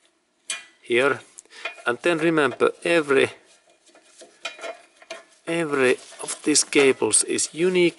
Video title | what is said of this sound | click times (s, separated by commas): How to replace Toyota car Central Computer | There is click sound here. | 0.5 s